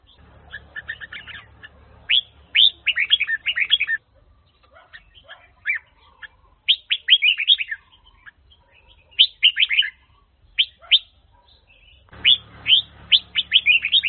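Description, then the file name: Red-whiskered bulbul pouring out clusters of quick whistled, rising notes in repeated bursts, with a low mechanical hum at the start and end. Hue-style red-whiskered bulbul training song. "file luyen giong chao mao hue dao giong"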